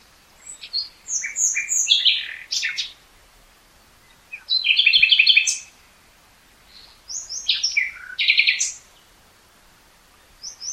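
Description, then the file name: Common nightingale song in three loud phrases, each a burst of chirps and rapid repeated notes, separated by brief pauses, and the start of another at the end. "Luscinia megarhynchos"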